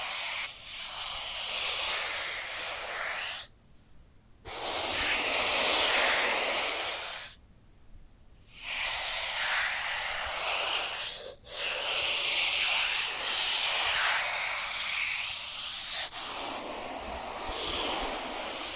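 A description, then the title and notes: Dry hands rub together in long, steady hissing strokes, bright and dense, broken by short silent pauses near four, eight and eleven seconds. Dry Dry Hand Sounds. (No Talking).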